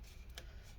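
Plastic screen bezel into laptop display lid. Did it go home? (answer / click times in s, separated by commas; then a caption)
yes / 0.4 s. A plastic LCD screen bezel on a Dell G3 laptop is pressed down along its outer edges into the display lid during a hinge repair. A short, sharp click at 0.4 s stands out over a low, steady background. The bezel clip snaps in and the bezel is seated.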